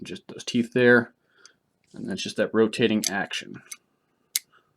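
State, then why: Seated. A rifle bolt is rotated so its teeth lock into the barrel extension while someone talks. After the talking, a single sharp metallic click is heard at 4.4 s as the slight rotation locks the bolt in place.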